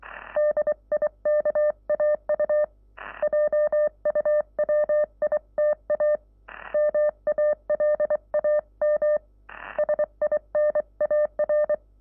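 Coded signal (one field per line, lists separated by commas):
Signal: Morse code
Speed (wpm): 23 wpm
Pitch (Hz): 600 Hz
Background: none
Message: DIKAU JUWITA MALAM SINAR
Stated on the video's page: Morse played with four paddle keys using right and left hand.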